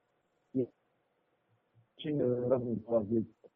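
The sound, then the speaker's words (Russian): A human voice on a phone call imitates a frog croaking: one short throaty croak, a pause, then a longer buzzing, warbling croak followed by a quick double croak, all fairly loud. “Вы квакаете. Не слышу.”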